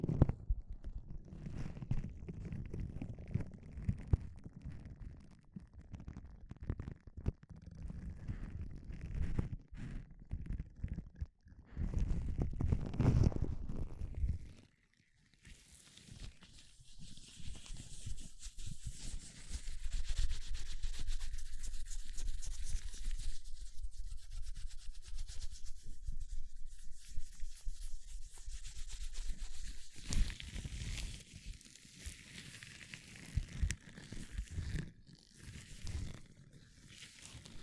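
Gloves being handled, with rubbing and rustling throughout. The first fifteen seconds carry heavier, low thumping and scrunching with a brief near-silence just before 15 seconds, then the sound turns lighter and hissier, a steady scratchy friction that swells and eases until the end.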